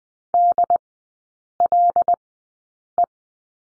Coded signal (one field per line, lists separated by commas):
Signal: Morse code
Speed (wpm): 20 wpm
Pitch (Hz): 700 Hz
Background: none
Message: DLE